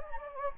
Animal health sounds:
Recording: mosquito wingbeat signal from an infrared sensor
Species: Anopheles gambiae

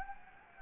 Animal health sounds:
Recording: mosquito wingbeat signal from an infrared sensor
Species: Anopheles gambiae

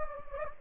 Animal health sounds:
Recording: mosquito wingbeat signal from an infrared sensor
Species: Anopheles gambiae

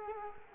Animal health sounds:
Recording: mosquito wingbeat signal from an infrared sensor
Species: Culex quinquefasciatus

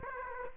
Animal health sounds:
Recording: mosquito wingbeat signal from an infrared sensor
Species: Aedes aegypti

